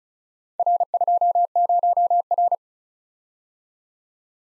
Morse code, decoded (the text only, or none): R20R